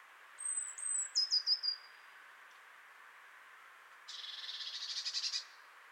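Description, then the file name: Great tit: a few thin, high notes sliding downward, then a rasping, buzzy chatter that grows slightly louder. "Parus major"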